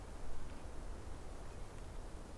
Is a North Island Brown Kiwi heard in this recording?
no